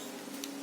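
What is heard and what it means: Two side panels of a small plastic transforming model kit robot are folded over onto the body into their transformed position. Over a steady low hum, one sharp, short click is heard at 0.4 s as the panels settle into place, and they are seated.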